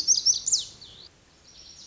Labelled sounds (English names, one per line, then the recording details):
Lazuli Bunting
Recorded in Sonoma County, California